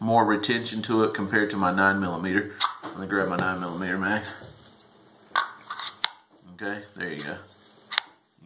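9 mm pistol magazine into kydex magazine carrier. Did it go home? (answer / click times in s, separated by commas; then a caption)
yes / 8.0 s. Someone talks, then a 9 mm pistol magazine is pressed into a kydex magazine carrier, with short handling clicks around 5.4–6.0 s. It seats with a sharp click at 8.0 s.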